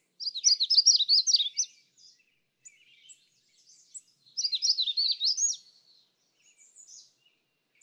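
Magnolia warbler song: two short, high, sweet warbled phrases a few seconds apart, each roughly a second and a half long, with faint chips between.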